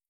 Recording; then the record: hydrophone in a shrimp aquaculture tank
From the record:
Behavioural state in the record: feeding